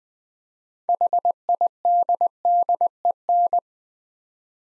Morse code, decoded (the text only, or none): HIDDEN